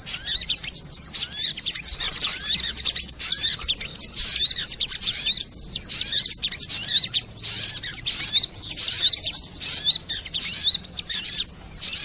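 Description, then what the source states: Crimson sunbird pouring out an almost unbroken, very high, buzzy twitter laced with fast thin whistles, with only a few brief breaks. Song in the "labaik" style.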